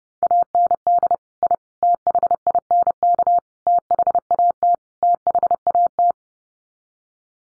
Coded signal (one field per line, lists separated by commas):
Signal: Morse code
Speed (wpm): 30 wpm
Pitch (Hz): 700 Hz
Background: none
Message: AND I THINK THAT THAT